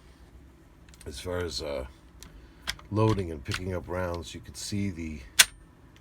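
The bolt of a Peruvian Model 1935 Mauser-pattern rifle is worked, picking a snap cap up from the magazine so its rim is meant to slip under the steel extractor claw for controlled feed, with short metallic clicks while someone talks. The round is only being handled, and nothing has seated or clicked home yet.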